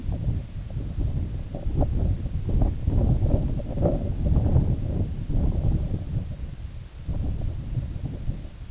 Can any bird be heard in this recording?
no